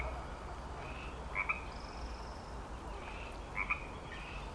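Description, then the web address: Frogs calling, a few separate short double-noted croaks over a quiet hiss, with a thin high whistle briefly in the background. Frog chorus on Grafton Lake, recorded 3 May 2009. "The Frog Chorus Tunes Up On Grafton Lake frogs edit 090503"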